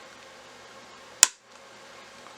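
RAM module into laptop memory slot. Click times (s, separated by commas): 1.2 s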